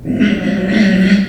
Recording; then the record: squeal of a Yucatan mini pig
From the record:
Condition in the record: after surgery on the right vocal fold (resection and tissue-engineered implant); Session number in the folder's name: 3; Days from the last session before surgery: 21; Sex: female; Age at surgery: 19 weeks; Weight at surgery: 25 kg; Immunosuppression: prednisolone